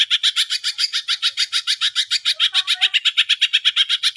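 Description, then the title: Greater green leafbird giving rapid, rasping pulsed chatter that repeats without pause, with faint lower notes briefly beneath it. Singing actively ('gacor'); masteran and pancingan, training and prompting audio for cage birds. "Masteran & Pancingan Cucak Ijo Gacor"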